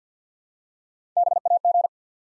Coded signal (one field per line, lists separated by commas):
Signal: Morse code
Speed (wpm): 50 wpm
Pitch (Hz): 700 Hz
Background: none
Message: BAG